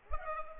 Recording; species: mosquito wingbeat signal from an infrared sensor; Culex pipiens